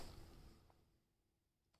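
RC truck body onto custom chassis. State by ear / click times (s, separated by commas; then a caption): not seated / none. The plastic body of a 1:24 RC truck kit is handled over its custom chassis, with a broadband rustling noise that fades over the first second, then faint light taps near 0.7 s and 1.75 s. The body has not yet locked onto the chassis; nothing has seated or clicked.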